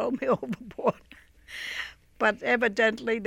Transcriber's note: she laughs